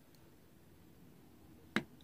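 A small Phillips screw is turned anti-clockwise in the plastic body of a TRIX fireless model locomotive so its thread start can drop into place before tightening, which avoids cross-threading. After quiet near-silence with a faint tick, a single sharp click sounds at 1.8 s as the thread drops in, and the screw is seated.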